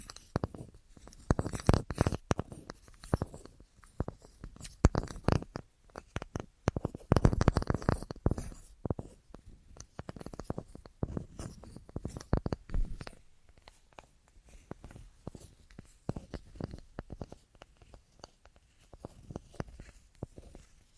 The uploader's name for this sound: Tapping Assortment